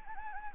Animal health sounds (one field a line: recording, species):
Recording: mosquito wingbeat signal from an infrared sensor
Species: Anopheles gambiae